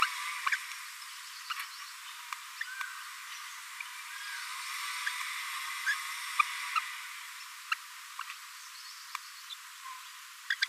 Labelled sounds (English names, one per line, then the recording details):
Green-rumped Parrotlet babbling
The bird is a female
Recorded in a nest box in Venezuela
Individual 17B42A4